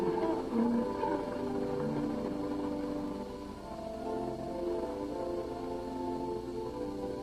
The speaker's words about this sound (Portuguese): Uma baleia, olha, Jess. Legal.